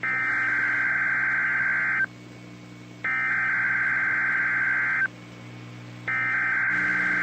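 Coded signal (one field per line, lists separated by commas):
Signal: Emergency Alert System (SAME) tones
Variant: header bursts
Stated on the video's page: Required weekly test on a NOAA weather radio station.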